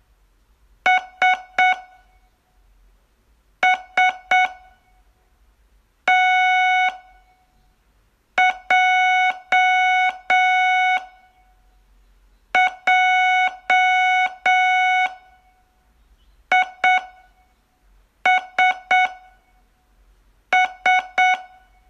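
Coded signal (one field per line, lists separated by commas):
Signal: Morse code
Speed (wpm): 7 wpm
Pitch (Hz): 740 Hz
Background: none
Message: S S T J J I S S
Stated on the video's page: Morse lesson, day 10 of a 42-day course.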